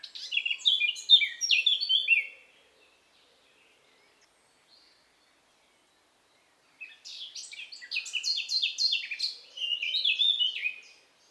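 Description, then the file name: Eurasian blackcap song: two separate phrases of fast warbling, divided by several seconds of near silence. "Sylvia atricapilla"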